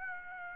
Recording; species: mosquito wingbeat signal from an infrared sensor; Aedes aegypti